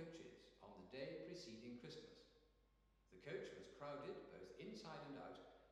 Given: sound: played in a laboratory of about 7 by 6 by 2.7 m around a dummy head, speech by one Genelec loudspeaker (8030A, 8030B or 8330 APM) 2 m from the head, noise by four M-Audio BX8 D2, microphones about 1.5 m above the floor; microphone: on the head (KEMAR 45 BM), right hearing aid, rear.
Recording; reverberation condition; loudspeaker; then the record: male speech in English; high; 120 degrees to the right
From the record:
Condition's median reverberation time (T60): about 1300 ms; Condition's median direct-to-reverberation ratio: about -4.0 dB